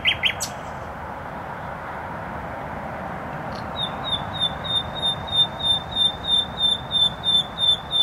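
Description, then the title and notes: Nightingale song: a sharp opening phrase, a pause, then a series of pure whistled notes swelling and repeating, over traffic drone. Singing in bushes close to a noisy motorway, Trasa Toruńska, Bródno-Podgrodzie, Warsaw, Poland; recorded with an Olympus LS-11. "Bródno-Podgrodzie, Warszawa, Polska - Trasa Toruńska Nightingale. Recording nightingale singing in bushes close to noisy motorway"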